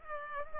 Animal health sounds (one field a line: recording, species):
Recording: mosquito wingbeat signal from an infrared sensor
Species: Culex pipiens